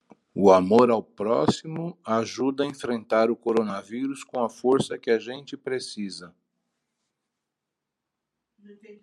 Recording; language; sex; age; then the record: spoken sentence; Brazilian Portuguese; male; 50 to 59 years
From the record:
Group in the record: control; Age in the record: 58 years